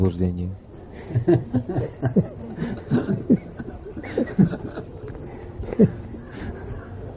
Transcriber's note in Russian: Смеются